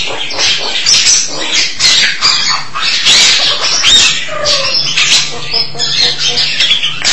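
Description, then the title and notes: Starling song, a dense stream of harsh, scratchy chatter with squeaks and short whistles running without pause throughout. "suara burung jalak"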